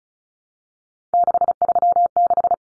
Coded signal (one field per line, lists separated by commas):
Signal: Morse code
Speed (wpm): 34 wpm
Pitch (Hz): 700 Hz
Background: none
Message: 636